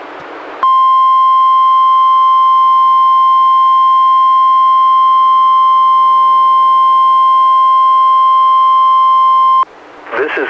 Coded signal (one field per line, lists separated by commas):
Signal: Emergency Alert System (SAME) tones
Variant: 1050 Hz attention tone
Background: speech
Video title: EAS #123-127: 5 NWR Required Weekly Tests- Aug. 17-Sep. 14, 2016